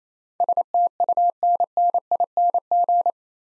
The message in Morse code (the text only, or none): STUNNING